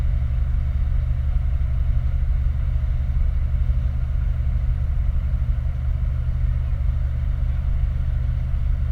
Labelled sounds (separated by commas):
machinery, flare stack